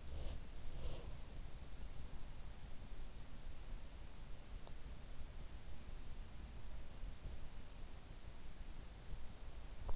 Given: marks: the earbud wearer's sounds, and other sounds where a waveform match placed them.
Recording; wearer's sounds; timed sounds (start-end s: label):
sounds in sleep by an in-ear microphone; breath
0.00-1.25 s: breath